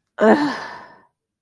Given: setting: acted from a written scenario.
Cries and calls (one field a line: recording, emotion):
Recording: vocal sound without words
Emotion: contempt